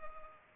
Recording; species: mosquito wingbeat signal from an infrared sensor; Culex pipiens